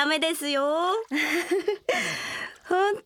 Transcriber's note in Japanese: 笑って